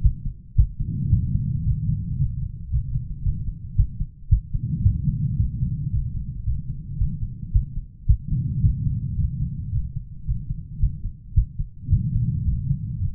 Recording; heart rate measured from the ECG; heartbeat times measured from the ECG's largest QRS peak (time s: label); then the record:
heart sounds by stethoscope; 111 bpm
0.02 s: heartbeat
0.56 s: heartbeat
1.10 s: heartbeat
1.64 s: heartbeat
2.17 s: heartbeat
2.70 s: heartbeat
3.23 s: heartbeat
3.76 s: heartbeat
4.29 s: heartbeat
4.83 s: heartbeat
5.37 s: heartbeat
5.90 s: heartbeat
6.44 s: heartbeat
6.98 s: heartbeat
7.52 s: heartbeat
8.06 s: heartbeat
8.61 s: heartbeat
9.16 s: heartbeat
9.70 s: heartbeat
10.25 s: heartbeat
10.79 s: heartbeat
11.34 s: heartbeat
11.89 s: heartbeat
12.45 s: heartbeat
12.99 s: heartbeat
From the record:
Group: healthy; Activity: rest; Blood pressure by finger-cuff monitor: 117/60 mmHg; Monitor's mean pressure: 80 mmHg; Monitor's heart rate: 111 bpm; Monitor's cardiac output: 9.4 L/min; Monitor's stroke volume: 85 mL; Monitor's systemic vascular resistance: 610 dyn s/cm5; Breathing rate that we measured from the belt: 16 breaths a minute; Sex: female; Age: 43 years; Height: 160 cm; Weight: 90 kg